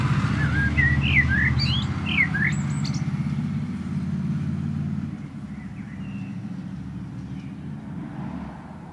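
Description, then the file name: Common blackbird sings a short run of slurred, rising whistled notes over a loud, steady low rumble, which keeps droning after the bird stops. "Turdus merula"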